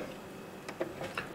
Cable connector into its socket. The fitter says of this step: right there and it just snaps into place